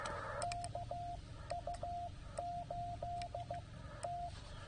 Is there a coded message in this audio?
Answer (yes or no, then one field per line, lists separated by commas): yes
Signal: Morse code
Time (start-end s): 0.4-4.3 s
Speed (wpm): 16 wpm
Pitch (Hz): 690 Hz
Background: radio noise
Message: KU8T